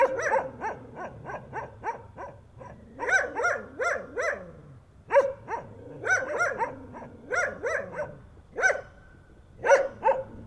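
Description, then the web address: Dog giving a long run of barks, quick clusters of two to four broken by brief gaps, steady throughout with little else heard. Two dogs of unknown breed barking at night. "Sound Effects-Foundation 2 DOGS UNKNOWN BARKING NIGHT"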